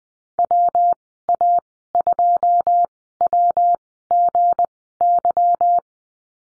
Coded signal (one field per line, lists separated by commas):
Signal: Morse code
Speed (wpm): 20 wpm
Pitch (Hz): 700 Hz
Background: none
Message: WA2WGY